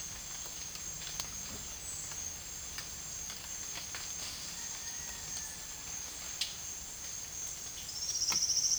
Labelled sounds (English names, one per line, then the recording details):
none
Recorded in secondary vegetation near Puerto Asís, Putumayo, Colombia, on 29 June 2025 at 14:30
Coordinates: 0.498, -76.327
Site GP09